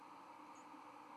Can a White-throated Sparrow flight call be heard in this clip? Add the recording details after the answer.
no. Another species' flight call is heard. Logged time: 00:29 on 31 October 2014